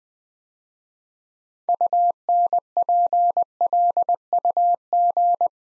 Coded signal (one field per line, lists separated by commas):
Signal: Morse code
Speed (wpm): 21 wpm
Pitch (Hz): 700 Hz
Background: none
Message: UNPLUG